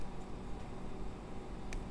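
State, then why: Seated. A wound jewellery wire coil is wound and pulled while binding, over a steady low background hum. It pops into position on the binding with a short, sharp click at 1.7 s, seating the coil in place.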